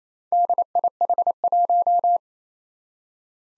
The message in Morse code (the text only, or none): DIH1